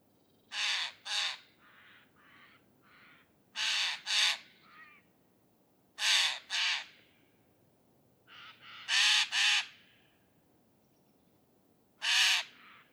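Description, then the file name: Eurasian jay giving harsh, rasping screeches, mostly in close pairs every two to three seconds, with a few softer, shorter calls after some pairs. "Garrulus glandarius"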